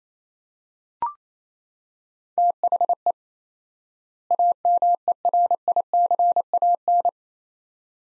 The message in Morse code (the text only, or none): THE AMERICAN